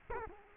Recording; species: mosquito wingbeat signal from an infrared sensor; Culex quinquefasciatus